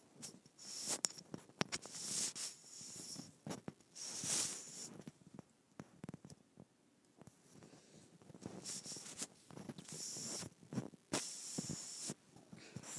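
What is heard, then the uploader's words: A microphone rubbed on skin makes irregular scratchy, hissing strokes in bursts, busiest near the start and end, with a quieter patch around six seconds. ASMR Rubbing Microphone on my Skin.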